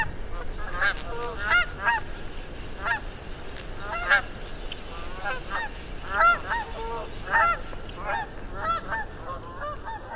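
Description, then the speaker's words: Canada Goose flight calls, a flock honking, many nasal notes from several birds overlapping. Flight of Canada geese passing overhead, heading north and calling, early spring, forest at Mud Pond nature refuge, Vermont, recorded with a parabolic microphone. "Then, because it's early spring, a flight of Canada geese passed overhead, heading north and calling."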